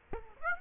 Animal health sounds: mosquito wingbeat signal from an infrared sensor; Aedes aegypti

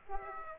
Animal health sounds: mosquito wingbeat signal from an infrared sensor; Aedes aegypti

